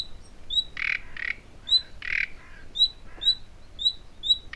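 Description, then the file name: Common nightingale giving high whistles mixed with frequent harsh, rasping notes. "Luscinia megarhynchos"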